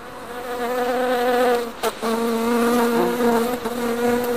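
Honeybees around a backyard hive at an urban beekeeping house in Los Angeles buzz in a steady, dense drone with a mid-pitched hum, briefly dipping once before swelling back to a continuous swarm sound, with no voices.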